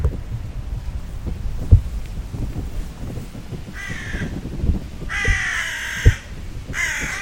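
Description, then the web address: Bird calls, harsh hoarse caws in three bursts in the second half, over a steady low rumble with occasional knocks. "Deverinetal 2025 File origin Bird Only"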